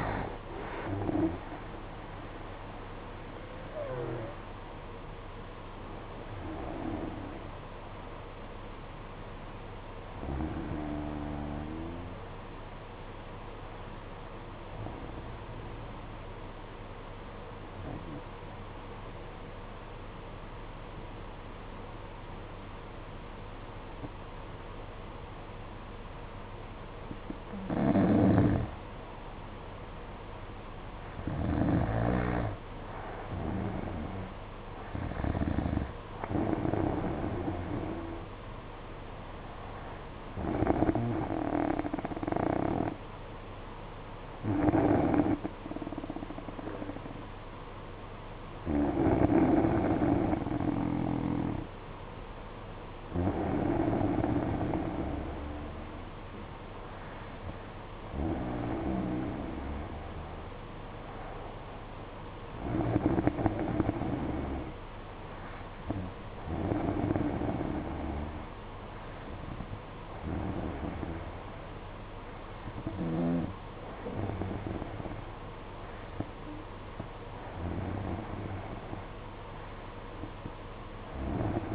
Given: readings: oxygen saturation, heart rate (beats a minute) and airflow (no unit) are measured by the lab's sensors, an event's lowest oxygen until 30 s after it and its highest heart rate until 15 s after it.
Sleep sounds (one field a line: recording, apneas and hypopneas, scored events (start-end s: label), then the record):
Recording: breathing in sleep by a voice recorder at the bedside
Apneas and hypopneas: 1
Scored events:
17.00-32.50 s: hypopnea (N2, oxygen 95% highest, then 92% lowest, heart rate 51 at the start, 57 highest)
From the record:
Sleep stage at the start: N2 (light sleep)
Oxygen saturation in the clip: 91 to 95%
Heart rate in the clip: 51 to 62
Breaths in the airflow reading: 20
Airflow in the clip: -10.9 to 5.7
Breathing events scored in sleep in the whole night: 476 in 9.7 hours asleep